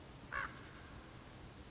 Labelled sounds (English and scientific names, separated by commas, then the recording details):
Common Raven (Corvus corax)
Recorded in Sonoma County, California